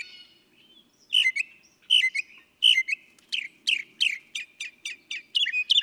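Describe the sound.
Northern mockingbird song: varied chirps and whistles, with a run of sharp notes repeated in quick succession after the first few phrases, in an otherwise quiet background.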